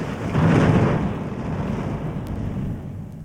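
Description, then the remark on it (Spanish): A deep, broad rumble of thunder swells early and then rolls on steadily for several seconds as a rainstorm with lightning begins, a dense low roar with a windy, rain-like hiss layered over it. “Un trueno sonoro anunció el comienzo de la función y una batuta de rayos se encargó de la obertura.”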